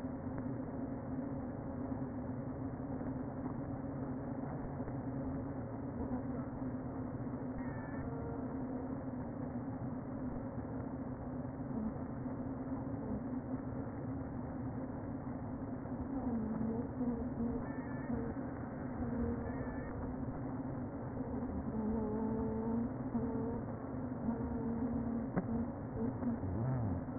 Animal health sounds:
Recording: honeybee colony, microphone inside the hive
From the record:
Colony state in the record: queen present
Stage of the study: before two queens were removed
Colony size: about 60,000 bees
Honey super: yes

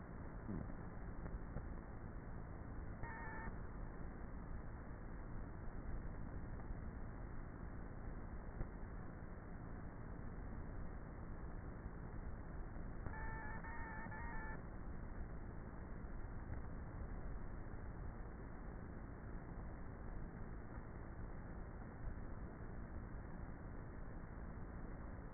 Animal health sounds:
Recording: honeybee colony, microphone inside the hive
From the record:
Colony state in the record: queenless with a low population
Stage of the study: before two queens were removed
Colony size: about 30,000 bees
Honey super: no

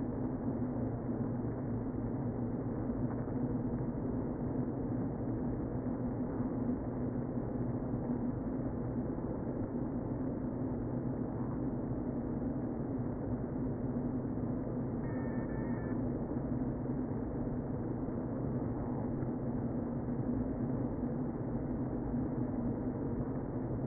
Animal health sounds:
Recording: honeybee colony, microphone inside the hive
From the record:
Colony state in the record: queen present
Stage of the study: before two queens were removed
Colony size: about 60,000 bees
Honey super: yes

